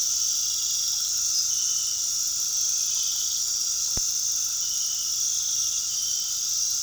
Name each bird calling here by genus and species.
none